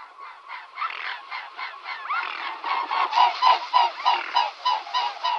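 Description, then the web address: Mute swan calls: a rapid, steady series of nasal, goose-like honks, growing louder and clearer toward the end. "Faglar Sound Knolsvan"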